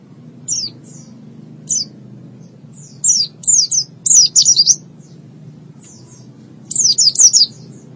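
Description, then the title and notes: White-eye song in short bursts of high, downslurred chirps, scattered singly and then in quick clusters of three or four, with a low hum beneath. "Suara kicauan burung pleci"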